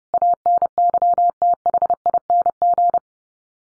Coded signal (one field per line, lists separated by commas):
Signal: Morse code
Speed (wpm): 28 wpm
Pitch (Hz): 700 Hz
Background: none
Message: ANYTHING